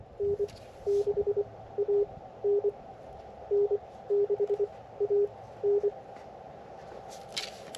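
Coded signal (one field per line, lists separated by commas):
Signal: Morse code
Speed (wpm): 25 wpm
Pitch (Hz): 410 Hz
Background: none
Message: N6AN N6AN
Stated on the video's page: QRP CW summit activation on 7.062, 14.0635, 18.0835, 21.061 and 28.0635, vertical antenna, poor sending admitted.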